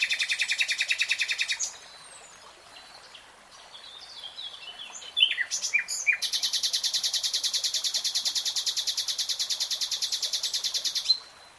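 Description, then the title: Nightingale song: a fast rattling trill, varied chattering notes, then a long, very rapid mechanical pulsed rattle lasting several seconds. Nightingale singing, real time. "[Tiếng chim hót] REALTIME Nightingale Singing"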